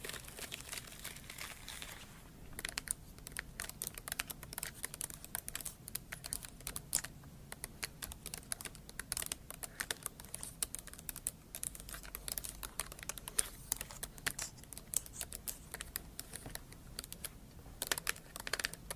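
Rapid, dense tapping and scratching clicks, crisp and bright, continuing unevenly throughout like fast typing, over a faint low steady hum.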